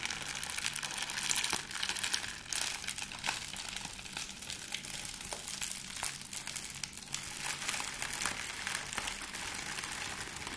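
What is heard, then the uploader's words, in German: Bags and plastic film are crinkled and rustled without a break, a bright, crackling texture dense with tiny snaps. Sharper crunches stand out now and then, around the first, fifth and ninth seconds, while the overall loudness stays fairly even throughout. Crinkle Sounds. Knistern und Rascheln durch Tüten, Folien und mehr.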